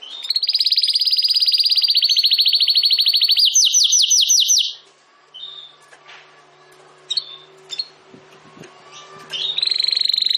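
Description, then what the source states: Domestic canary delivering a long fast trill followed by swooping repeated notes, then quiet with scattered soft chirps before another trill begins. Belgian canary (Canário Belga) singing; title gives 'campainha'.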